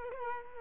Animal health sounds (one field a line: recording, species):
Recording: mosquito wingbeat signal from an infrared sensor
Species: Culex quinquefasciatus